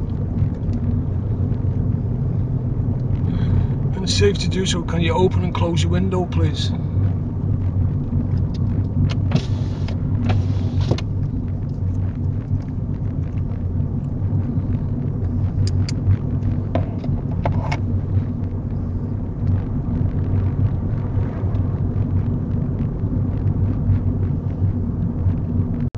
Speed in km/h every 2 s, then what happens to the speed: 37, 37, 35, 35, 34, 32, 34, 37, 39, 40, 42, 40, 37.
0-12 steady at about 35. 12-21 speeds up to 42.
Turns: none.